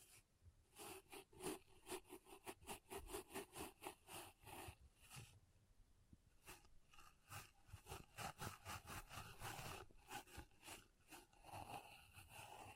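Soft pom poms are brushed and scrunched in quick, regular strokes, each a bright scratchy rustle, several per second. Around the fifth second the strokes stop briefly, then resume less evenly with softer, overlapping crinkles until the end.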